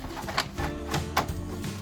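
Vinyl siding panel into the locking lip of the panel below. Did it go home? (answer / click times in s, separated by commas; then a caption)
yes / 0.4 s, 1.2 s. A reclaimed vinyl siding panel is lifted up and pushed so its bottom edge locks into the locking lip of the panel below. Sharp clicks are heard at 0.4 s and 1.2 s over a steady, tonal background. The panel is seated and locked in place.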